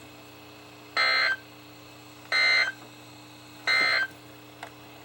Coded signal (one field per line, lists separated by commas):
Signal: Emergency Alert System (SAME) tones